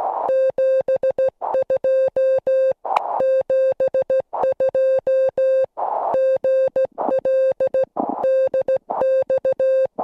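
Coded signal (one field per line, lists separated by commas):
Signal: Morse code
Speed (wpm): 15 wpm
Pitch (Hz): 530 Hz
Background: music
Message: 72 72 GL DX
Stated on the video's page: QRP Morse from a 2 W SW20 kit on 14 MHz, rigid dipole, J38 straight key, during a contact while learning telegraphy.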